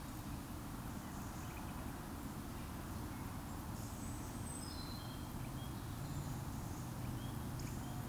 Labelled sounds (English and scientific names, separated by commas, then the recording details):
Eurasian Woodcock (Scolopax rusticola) whistle
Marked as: whistle, whistle, whistle
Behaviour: display flight
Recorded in Baden-Württemberg, Germany, on 26 June 2020 at 19:31 UTC
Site 44395, 213 m above sea level